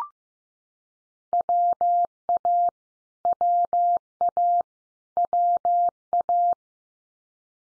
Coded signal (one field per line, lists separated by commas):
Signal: Morse code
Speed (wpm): 15 wpm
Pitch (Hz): 700 Hz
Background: none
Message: WA WA WA